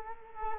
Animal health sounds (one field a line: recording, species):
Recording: mosquito wingbeat signal from an infrared sensor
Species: Culex quinquefasciatus